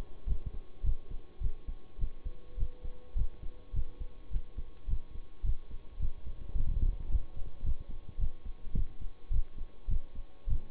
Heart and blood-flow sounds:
heart sounds by stethoscope; between the tricuspid and mitral areas; 106 bpm
0.26 s: heartbeat
0.83 s: heartbeat
1.40 s: heartbeat
1.98 s: heartbeat
2.57 s: heartbeat
3.15 s: heartbeat
3.73 s: heartbeat
4.30 s: heartbeat
4.87 s: heartbeat
5.43 s: heartbeat
5.99 s: heartbeat
6.54 s: heartbeat
7.08 s: heartbeat
7.63 s: heartbeat
8.18 s: heartbeat
8.73 s: heartbeat
9.30 s: heartbeat
9.88 s: heartbeat
10.47 s: heartbeat
From the record:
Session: bicycle stress test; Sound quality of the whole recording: good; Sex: male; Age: 26 years

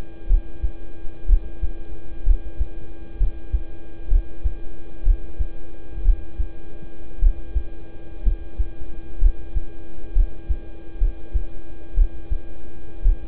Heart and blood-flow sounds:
heart sounds by stethoscope; between the tricuspid and mitral areas; 61 bpm
0.26 s: heartbeat
1.26 s: heartbeat
2.23 s: heartbeat
3.17 s: heartbeat
4.08 s: heartbeat
5.03 s: heartbeat
6.02 s: heartbeat
7.19 s: heartbeat
8.22 s: heartbeat
9.18 s: heartbeat
10.12 s: heartbeat
10.98 s: heartbeat
11.94 s: heartbeat
13.02 s: heartbeat
From the record:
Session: rest, lying down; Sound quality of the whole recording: good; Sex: male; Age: 26 years

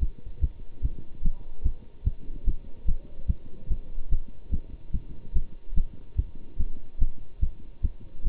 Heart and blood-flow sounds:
heart sounds by stethoscope; between the tricuspid and mitral areas; 146 bpm
0.40 s: heartbeat
0.81 s: heartbeat
1.22 s: heartbeat
1.63 s: heartbeat
2.04 s: heartbeat
2.45 s: heartbeat
2.85 s: heartbeat
3.27 s: heartbeat
3.68 s: heartbeat
4.09 s: heartbeat
4.50 s: heartbeat
4.92 s: heartbeat
5.33 s: heartbeat
5.74 s: heartbeat
6.16 s: heartbeat
6.57 s: heartbeat
6.99 s: heartbeat
7.40 s: heartbeat
7.82 s: heartbeat
8.23 s: heartbeat
From the record:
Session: Bruce protocol treadmill stress test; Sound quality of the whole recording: good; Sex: male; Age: 25 years

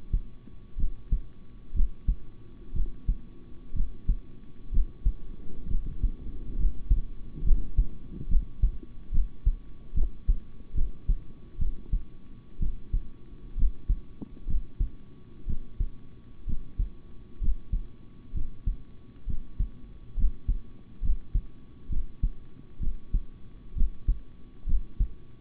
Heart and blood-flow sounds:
heart sounds by stethoscope; between the tricuspid and mitral areas; 65 bpm
0.76 s: heartbeat
1.73 s: heartbeat
2.73 s: heartbeat
3.73 s: heartbeat
4.71 s: heartbeat
5.67 s: heartbeat
6.57 s: heartbeat
7.43 s: heartbeat
8.28 s: heartbeat
9.11 s: heartbeat
9.93 s: heartbeat
10.74 s: heartbeat
11.58 s: heartbeat
12.59 s: heartbeat
13.56 s: heartbeat
14.46 s: heartbeat
15.46 s: heartbeat
16.46 s: heartbeat
17.40 s: heartbeat
18.33 s: heartbeat
19.26 s: heartbeat
20.16 s: heartbeat
21.01 s: heartbeat
21.89 s: heartbeat
22.79 s: heartbeat
23.74 s: heartbeat
24.66 s: heartbeat
From the record:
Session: rest, sitting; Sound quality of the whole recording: good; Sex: male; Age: 26 years

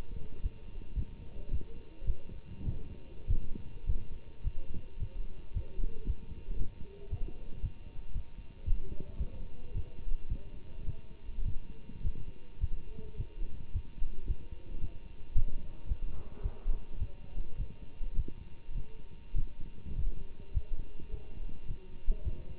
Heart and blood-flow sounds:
heart sounds by stethoscope; between the tricuspid and mitral areas; 107 bpm
0.42 s: heartbeat
0.95 s: heartbeat
1.50 s: heartbeat
2.06 s: heartbeat
2.64 s: heartbeat
3.26 s: heartbeat
3.85 s: heartbeat
4.43 s: heartbeat
4.99 s: heartbeat
5.53 s: heartbeat
6.06 s: heartbeat
6.58 s: heartbeat
7.09 s: heartbeat
7.61 s: heartbeat
8.13 s: heartbeat
8.65 s: heartbeat
9.18 s: heartbeat
9.73 s: heartbeat
10.28 s: heartbeat
10.85 s: heartbeat
11.44 s: heartbeat
12.02 s: heartbeat
12.59 s: heartbeat
13.16 s: heartbeat
13.72 s: heartbeat
14.26 s: heartbeat
14.80 s: heartbeat
15.34 s: heartbeat
15.87 s: heartbeat
16.42 s: heartbeat
16.98 s: heartbeat
17.57 s: heartbeat
18.15 s: heartbeat
18.74 s: heartbeat
19.34 s: heartbeat
19.94 s: heartbeat
20.53 s: heartbeat
21.10 s: heartbeat
21.67 s: heartbeat
22.23 s: heartbeat
From the record:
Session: Bruce protocol treadmill stress test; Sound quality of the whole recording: good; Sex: male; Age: 24 years

